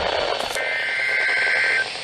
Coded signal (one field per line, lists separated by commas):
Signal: Emergency Alert System (SAME) tones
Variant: header bursts